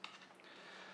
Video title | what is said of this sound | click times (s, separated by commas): Gigabyte Z890 AI top Review: Your own personal AI on your desktop? | and then that would also click into place. | 0.0 s